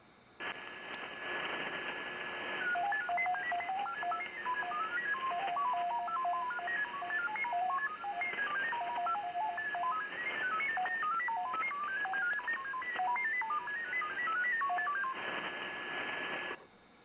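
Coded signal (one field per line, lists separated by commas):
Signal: FT8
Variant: SuperFox mode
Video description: A second FT8 QSO with the Jarvis Island DXpedition, this time on 20 Meters.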